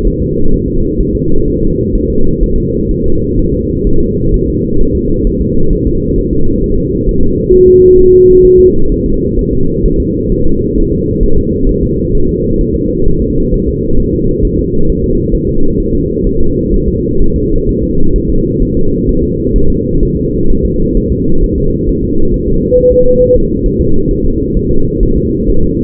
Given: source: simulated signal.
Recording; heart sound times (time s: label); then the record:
fetal heart sounds
0.07 s: S1
0.22 s: S2
0.54 s: S1
0.68 s: S2
1.00 s: S1
1.15 s: S2
1.48 s: S1
1.62 s: S2
1.96 s: S1
2.10 s: S2
2.43 s: S1
2.58 s: S2
2.91 s: S1
3.06 s: S2
3.39 s: S1
3.54 s: S2
3.87 s: S1
4.01 s: S2
4.34 s: S1
4.48 s: S2
4.81 s: S1
4.95 s: S2
5.27 s: S1
5.41 s: S2
5.73 s: S1
5.87 s: S2
6.19 s: S1
6.33 s: S2
6.64 s: S1
6.78 s: S2
7.09 s: S1
7.23 s: S2
7.54 s: S1
7.68 s: S2
7.99 s: S1
8.13 s: S2
8.45 s: S1
8.60 s: S2
8.92 s: S1
9.06 s: S2
9.39 s: S1
9.53 s: S2
9.86 s: S1
10.00 s: S2
10.32 s: S1
10.46 s: S2
10.78 s: S1
10.92 s: S2
11.23 s: S1
11.38 s: S2
11.69 s: S1
11.83 s: S2
12.15 s: S1
12.29 s: S2
12.61 s: S1
12.76 s: S2
13.08 s: S1
13.22 s: S2
13.54 s: S1
13.68 s: S2
14.00 s: S1
14.14 s: S2
14.45 s: S1
14.59 s: S2
14.90 s: S1
15.04 s: S2
15.35 s: S1
15.49 s: S2
15.80 s: S1
15.95 s: S2
16.27 s: S1
16.41 s: S2
16.74 s: S1
16.88 s: S2
17.22 s: S1
17.36 s: S2
17.69 s: S1
17.83 s: S2
18.16 s: S1
18.30 s: S2
18.62 s: S1
18.77 s: S2
19.09 s: S1
19.23 s: S2
19.56 s: S1
19.70 s: S2
20.03 s: S1
20.17 s: S2
20.50 s: S1
20.65 s: S2
20.97 s: S1
21.12 s: S2
21.44 s: S1
21.58 s: S2
21.89 s: S1
22.04 s: S2
22.34 s: S1
22.48 s: S2
22.78 s: S1
22.92 s: S2
23.22 s: S1
23.36 s: S2
23.66 s: S1
23.81 s: S2
24.11 s: S1
24.25 s: S2
24.57 s: S1
24.71 s: S2
25.03 s: S1
25.17 s: S2
25.50 s: S1
25.64 s: S2
From the record:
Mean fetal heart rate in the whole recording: 130 bpm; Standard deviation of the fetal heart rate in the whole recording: 4 bpm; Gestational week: 38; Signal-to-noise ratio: -19.1 dB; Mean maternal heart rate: 72 bpm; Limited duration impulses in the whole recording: present